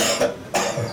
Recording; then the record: coughing mixed with background sound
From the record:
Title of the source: Cough Around the Clock!